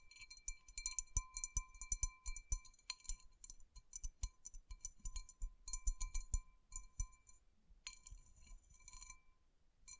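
Fingers tap and rub over rhinestone-covered palms, giving a dense run of bright, glassy clicks and tinkles throughout. Sharp taps cluster in quick bursts with brief pauses, over a faint, steady high tone and soft low thumps. Activity thins near the end.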